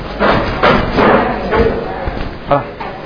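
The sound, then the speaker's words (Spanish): A door being closed: a few dull, muffled thumps and rattles of handling, then a short firm thud as it shuts, over a low murmur of background voices. “Voy a cerrar la puerta, permiso.”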